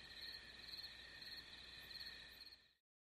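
Crickets giving a dense high trill that cuts off into silence near the end.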